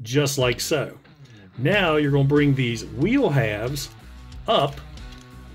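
Someone talks over background music while handling a 1998 Beast Wars Transmetal Tarantulas action figure, bringing its plastic wheel halves up toward the body, where they are meant to soft click into place. Nothing has seated or clicked yet.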